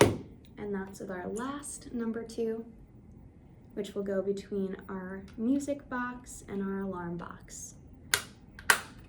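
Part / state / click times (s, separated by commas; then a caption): small snap connector piece between two circuit modules / seated / 8.1 s, 8.7 s. Someone talks while pressing a small number two snap connector between the music box and alarm box circuit modules. Loud plastic snaps ring out at 8.1 s and 8.7 s as the connector clicks into place and is seated.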